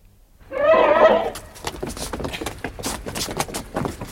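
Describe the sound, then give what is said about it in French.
A horse, held by a guard at an exhibition, gives one loud, quavering whinny lasting about a second, its pitch wavering up and down, followed by softer clip-clop hoof steps and shuffling. “Et il m'a prié de tenir son cheval.”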